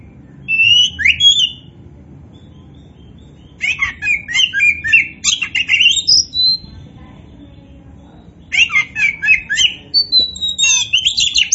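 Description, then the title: Oriental magpie-robin delivering energetic phrases of mixed whistles, buzzy chirps and slurred notes, in a short opening phrase and two long bursts separated by silence. Oriental magpie-robin of the poci variety, described as gacor, singing vigorously. "Kacer Poci"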